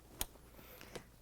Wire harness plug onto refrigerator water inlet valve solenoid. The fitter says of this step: hear the click sound. It plugs in.